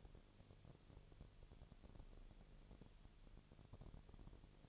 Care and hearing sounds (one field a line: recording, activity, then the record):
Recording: daily activity, microphone in the room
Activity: no activity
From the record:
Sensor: 4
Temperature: 22.4 degrees Celsius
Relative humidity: 31.2%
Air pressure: 1004.1 hPa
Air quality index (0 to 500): 85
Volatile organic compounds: 1 ppm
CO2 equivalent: 767 ppm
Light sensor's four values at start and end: 2/3/1/1 and 2/3/1/1